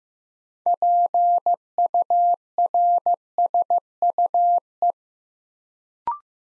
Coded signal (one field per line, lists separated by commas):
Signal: Morse code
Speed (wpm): 15 wpm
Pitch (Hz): 700 Hz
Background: none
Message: PURSUE